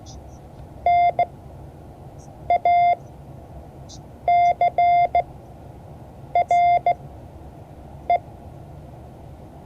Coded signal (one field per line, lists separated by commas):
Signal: Morse code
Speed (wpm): 16 wpm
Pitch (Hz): 700 Hz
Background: none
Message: NACRE